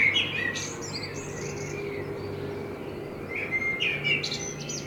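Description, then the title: Common blackbird singing two mellow warbled phrases that end in thin high squeaks, separated by a pause, with a faint low hum throughout. Binaural dummy-head recording with a self-built artificial head, made in front of the recordist's window; intended for headphone listening. "Kunstkopfaufnahme der Amsel vor meinem Fenster"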